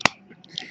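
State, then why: Seated. The plastic head of a Transformers Generations Legends Cosmos toy robot, lifted out of its recess by a fingernail in a small groove, snaps upright into the torso with one sharp plastic click at 0.1 s. Fainter light ticks follow around 0.4 s and 0.6 s. The head is seated in place.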